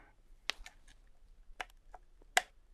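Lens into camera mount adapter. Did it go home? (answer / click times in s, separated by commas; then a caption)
no / none. A 70-200 lens is fitted to a camera through an adapter or focal reducer, with three short, sharp ticking sounds at about 0.5, 1.6 and 2.4 seconds, the last the loudest. The lens lines up but does not lock home and nothing has clicked into place, probably because it needs a specific adapter.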